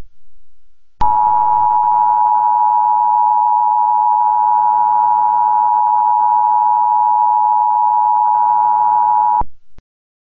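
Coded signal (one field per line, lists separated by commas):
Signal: Emergency Alert System (SAME) tones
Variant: 853 and 960 Hz attention tone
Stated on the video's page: Mock tornado emergency alert, not real.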